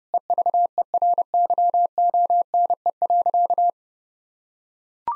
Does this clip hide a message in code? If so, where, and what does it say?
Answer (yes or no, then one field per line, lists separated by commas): yes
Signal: Morse code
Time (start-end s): 0.1-3.7 s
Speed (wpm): 32 wpm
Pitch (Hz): 700 Hz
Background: none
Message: EVERYONE.